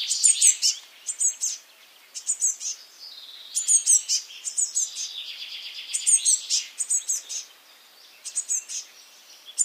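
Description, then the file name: Eurasian blue tit calls: bursts of very high, thin, sharp notes in quick clusters, with a lower buzzy, churring rattle running between them. "Cyanistes caeruleus"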